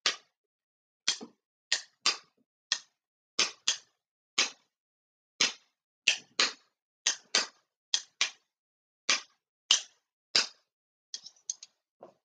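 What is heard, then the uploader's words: Spoons are played in a quick, uneven rhythm of sharp, bright clacks, about twenty strikes over twelve seconds, sometimes in doubled pairs. Near the end the hits turn lighter and softer, trailing off into small ticks. Percussion.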